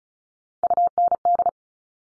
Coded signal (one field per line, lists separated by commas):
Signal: Morse code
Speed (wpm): 36 wpm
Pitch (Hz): 700 Hz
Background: none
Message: UND